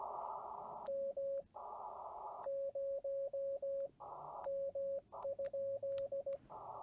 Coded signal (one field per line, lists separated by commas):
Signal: Morse code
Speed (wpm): 18 wpm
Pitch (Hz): 560 Hz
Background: radio noise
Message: M0M?